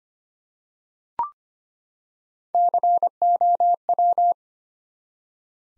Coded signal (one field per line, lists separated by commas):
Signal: Morse code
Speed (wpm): 25 wpm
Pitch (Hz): 700 Hz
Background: none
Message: COW